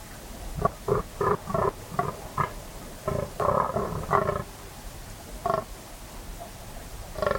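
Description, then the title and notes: Fallow deer groans: deep rasping grunts in two bursts of several calls, followed by scattered single grunts in a quiet background. Fallow buck bellowing during the autumn rut, 3am on a moonless, cold, still night in West Dorset; staking his claim, warning off rivals and guarding his does, echoing through combes and hills. "the eerie and dramatic fallow deer rut on a dark Dorset night. It's 3am on an autumn night in West Dorset. A fallow buck is staking his claim, warning off rivals and guarding his does. A guttural bellow that bursts the quiet and echoes through the combes and hills"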